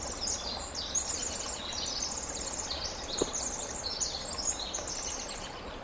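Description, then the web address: Winter wren song, a continuous high cascade of rapid tinkling trills, with one brief click partway through and steady hiss underneath. "ear jh-060319 wwren"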